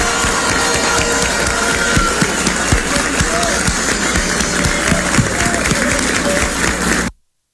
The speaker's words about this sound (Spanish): Y yo quiero que a ellos y a todos los que también, los demás candidatos que compitieron con nosotros, que le demos un aplauso por la democracia de nuestro país.